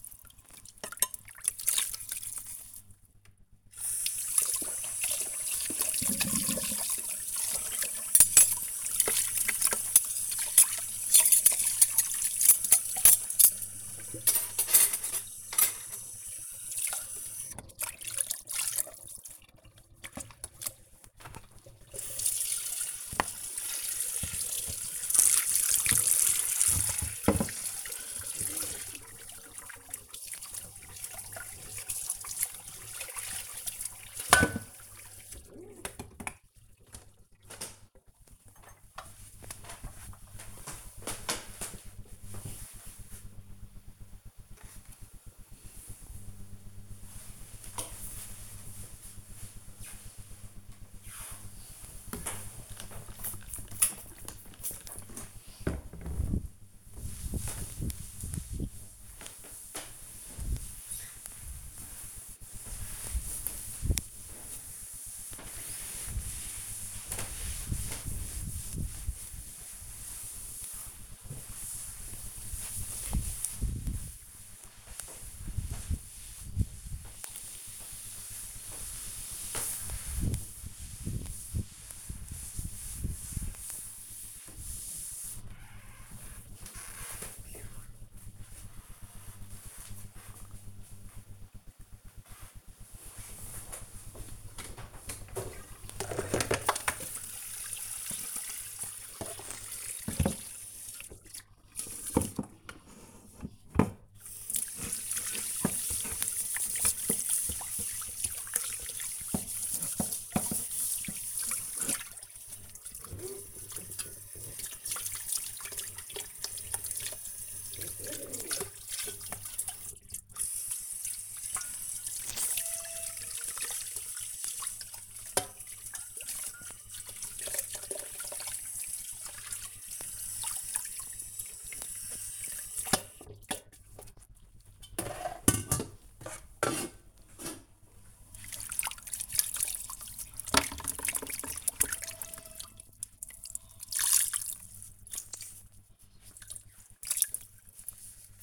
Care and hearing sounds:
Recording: household activities, microphone on the right wrist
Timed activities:
0.00-37.73 s: washing dishes
49.82-86.07 s: cleaning table
92.14-148.42 s: washing dishes

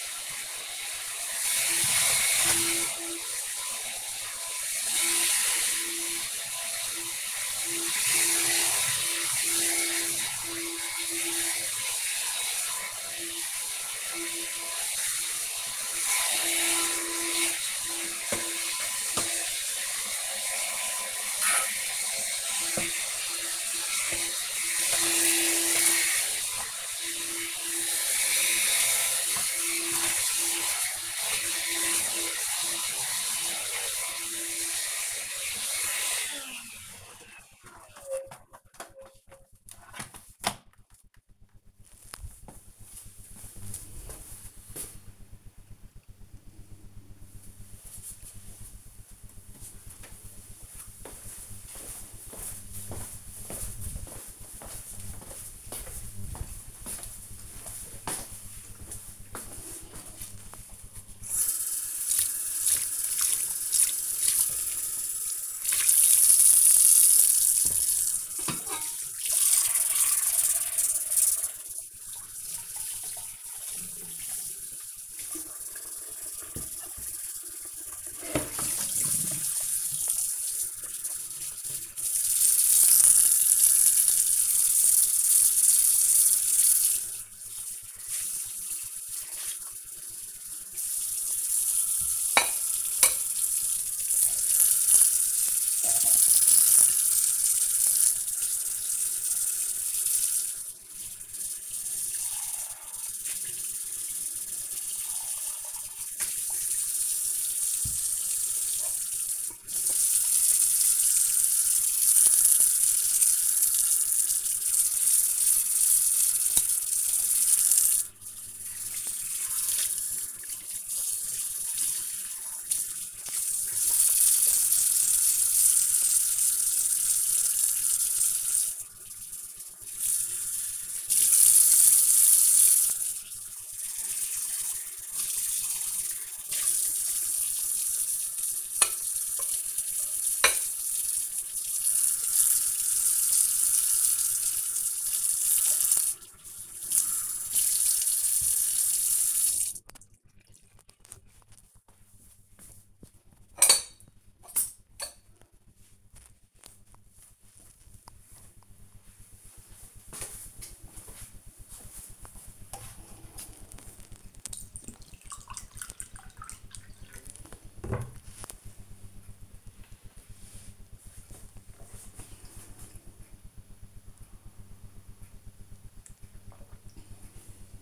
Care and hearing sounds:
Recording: household activities, microphone on the right wrist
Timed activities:
0.00-36.62 s: vacuum cleaning
59.78-149.42 s: washing dishes
160.53-177.82 s: drinking

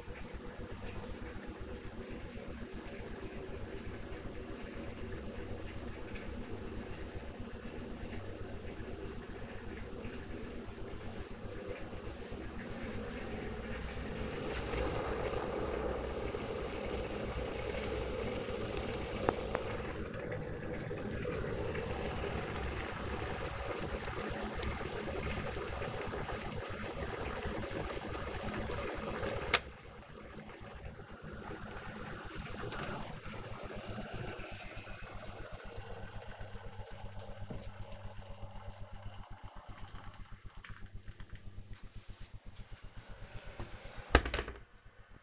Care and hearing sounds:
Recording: household activities, microphone on the right wrist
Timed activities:
0.00-45.23 s: making tea

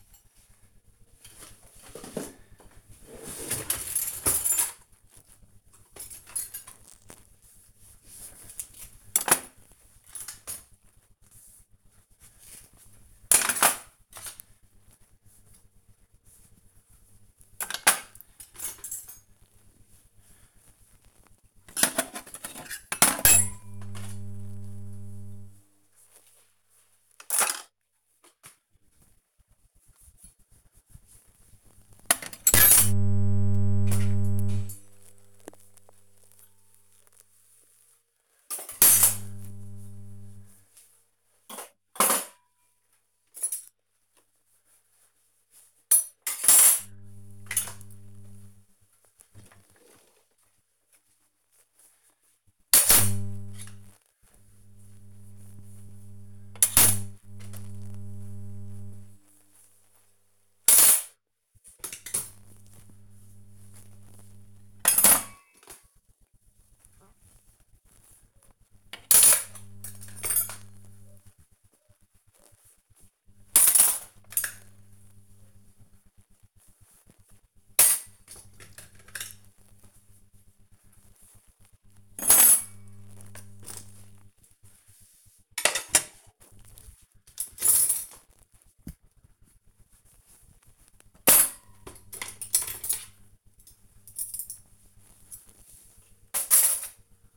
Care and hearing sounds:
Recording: household activities, microphone on the right wrist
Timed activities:
0.00-97.37 s: cleaning out the dishwasher

